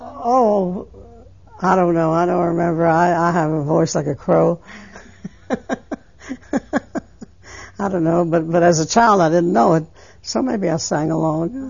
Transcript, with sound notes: Oh, I don't know. I don't remember. I have a voice like a crow. ( she laughs ) I don't know. But, as a child, I didn't know it, so maybe I sang along.